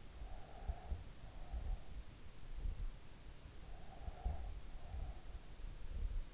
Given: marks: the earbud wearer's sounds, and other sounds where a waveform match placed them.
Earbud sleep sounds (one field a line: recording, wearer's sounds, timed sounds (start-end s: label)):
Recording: sounds in sleep by an in-ear microphone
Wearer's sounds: breath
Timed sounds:
0.00-1.89 s: breath
3.51-5.47 s: breath